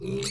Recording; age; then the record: pig call; weaner (32 to 43 days)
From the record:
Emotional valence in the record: negative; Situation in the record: short isolation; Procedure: open field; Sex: female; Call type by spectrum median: low-frequency call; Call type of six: mixed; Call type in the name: high-frequency modulated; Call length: 0.30 s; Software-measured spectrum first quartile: 299 Hz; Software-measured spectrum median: 1322 Hz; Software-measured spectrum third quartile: 5326 Hz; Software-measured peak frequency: 390 Hz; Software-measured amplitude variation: 96 dB a second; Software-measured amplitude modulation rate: 24.6 a second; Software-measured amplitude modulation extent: 3.9 dB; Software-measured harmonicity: 4.6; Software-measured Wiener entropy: -4.16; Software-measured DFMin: 709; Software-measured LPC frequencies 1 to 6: 376, 1338, 2335, 3912, 4479, 5510 Hz